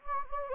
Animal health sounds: mosquito wingbeat signal from an infrared sensor; Anopheles gambiae

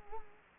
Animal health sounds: mosquito wingbeat signal from an infrared sensor; Culex quinquefasciatus

